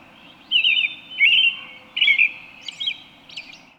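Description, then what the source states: Bird song: five short, high warbled chirping phrases in quick bursts, each lasting a fraction of a second, over a faint steady low hum. At dawn.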